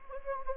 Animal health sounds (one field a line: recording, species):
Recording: mosquito wingbeat signal from an infrared sensor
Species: Anopheles gambiae